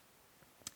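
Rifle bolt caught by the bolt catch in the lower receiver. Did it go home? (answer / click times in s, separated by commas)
yes / 0.7 s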